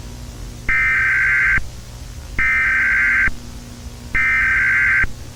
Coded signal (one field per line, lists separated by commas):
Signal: Emergency Alert System (SAME) tones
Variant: header bursts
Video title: Short EAS - The Turkey (Remastered) (An Thanksgiving EAS Special)